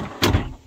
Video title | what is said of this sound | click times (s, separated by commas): VAN TOUR - Self-Built Ram Promaster Van Conversion - Tiny Home in a Camper Van - L&K SEIMS 2021 | slide it in it clicks in place and it actually takes a little bit of a pull | 0.2 s